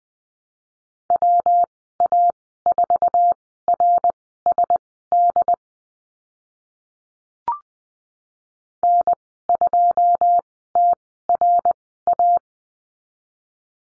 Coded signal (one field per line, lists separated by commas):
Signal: Morse code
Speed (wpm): 20 wpm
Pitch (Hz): 700 Hz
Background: none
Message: WA4RSD N2TRA